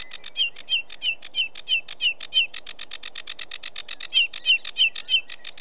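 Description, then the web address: Sedge warbler song made of quick repeated grating notes, several paired with a short whistle, rolling on steadily. In Britain. "The BBC Sound Effects Library - Complete 60 CDs Collection Sound Effects Library-12 (British Birds) 16 Sedge Warbler"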